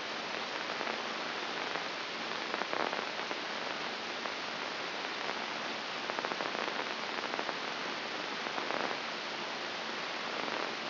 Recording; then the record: brain microelectrode recording played as sound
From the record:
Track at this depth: inside the subthalamic nucleus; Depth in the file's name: 2.149 mm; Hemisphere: right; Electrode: 2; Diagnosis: Parkinson's disease